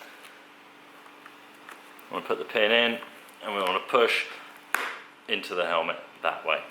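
A cutaway release pin for a CUT Mount G4 cutaway system is handled and put in, ready to be pushed into the helmet mount, while someone talks. Soft handling taps and a sharp transient are heard, but nothing has seated or clicked yet.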